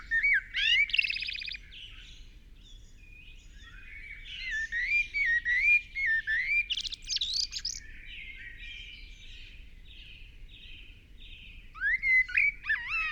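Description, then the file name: Common blackbird delivering warbled, whistled phrases with quick squeaky notes, separated by short pauses, with other birds faintly behind. "Turdus merula"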